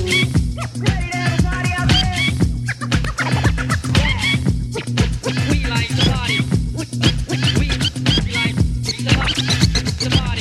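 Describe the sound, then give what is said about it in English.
DJ turntable scratching cuts in rapid, repeated back-and-forth sweeps over a loud, steady hip-hop beat with a heavy, pulsing bass line; no voices are heard. “Scratch attacks galore tonight.”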